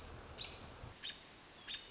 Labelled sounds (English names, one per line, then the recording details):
American Robin
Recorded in Sonoma County, California